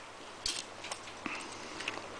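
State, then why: Not seated. A plastic tread panel on the side of a Transformers Universe Dropshot toy robot is spun down toward its tab slot on the body during transformation. Light plastic taps and clicks are heard at about 0.5, 0.9, 1.3 and 1.9 seconds over a quiet background. The panel has not locked into place yet, and nothing has seated.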